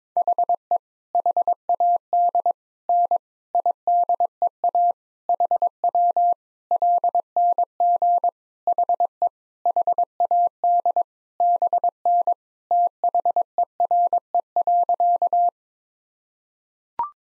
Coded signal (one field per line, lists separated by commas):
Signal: Morse code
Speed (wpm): 22 wpm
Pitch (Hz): 700 Hz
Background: none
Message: HE HAD N IDEA HW LNG HE HAD BN THERE.